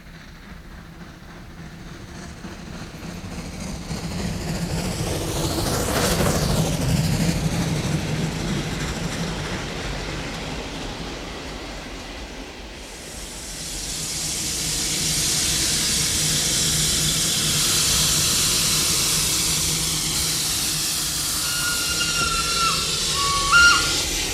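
A train rumbles along with a steady low roll, a passing pass brings a swelling whoosh around the middle, then a loud broad steam hiss takes over and a short high whistle sounds near the end.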